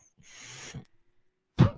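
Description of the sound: A soft airy hiss lasts about half a second, then after a pause comes a brief low thump. This is the working noise of a home mechanical ventilator: airflow through the circuit followed by a valve cycling.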